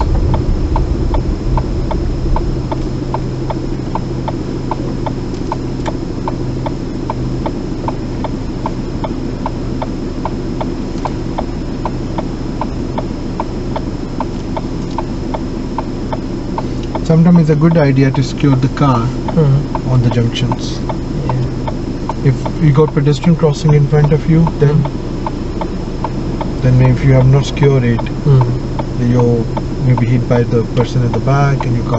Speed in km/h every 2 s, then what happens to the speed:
3, 0, 0, 0, 0, 0, 0, 0, 0, 0, 0, 0, 0, 0, 0, 0.
1-32 standing.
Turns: none.